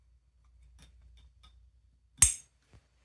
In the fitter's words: It's a good sign that snaps into place. That we know it's fully seated in there.